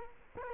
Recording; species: mosquito wingbeat signal from an infrared sensor; Culex quinquefasciatus